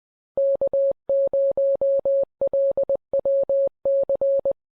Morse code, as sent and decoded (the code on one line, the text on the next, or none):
-.- ----- .-.. .-- -.-.
K0LWC